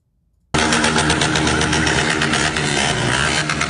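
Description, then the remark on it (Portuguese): A seized motorcycle engine suddenly roars to life as military police in Minas Gerais, Brazil, rev it to mock the offenders, holding a loud, rough, buzzing drone for several seconds, with a gritty low rumble and only slight swells in intensity. “A PM de Minas Gerais apreendendo as motos dos infratores e debochando com muito randandã.”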